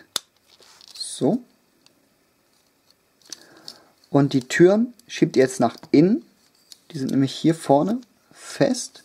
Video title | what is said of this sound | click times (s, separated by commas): Transformers - Reveal the Shield - Percepter - FULL HD | Anschließend dreht ihr sie nach innen, bis es knackt. So. | 0.2 s